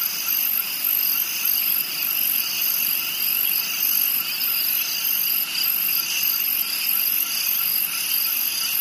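Cricket chorus with a very high, sharply pulsed chirping repeated steadily over a bed of lower continuous trills.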